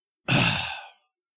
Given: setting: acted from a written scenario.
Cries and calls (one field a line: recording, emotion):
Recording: vocal sound without words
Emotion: disappointment